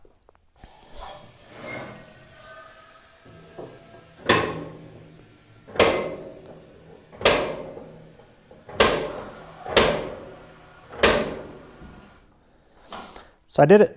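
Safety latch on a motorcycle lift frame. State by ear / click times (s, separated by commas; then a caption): seated / 4.3 s, 5.8 s, 7.3 s, 8.8 s, 9.8 s, 11.0 s. A Handy 40100G Standard 1200 lb air motorcycle lift is raised slowly with its foot pedal, and the steel safety latch on the lift frame clicks into each height stop as the table rises. Sharp latch clicks land at 4.3, 5.8, 7.3, 8.8, 9.8 and 11.0 seconds over a low air hiss, confirming the latch seats at every stop. Near the end someone talks.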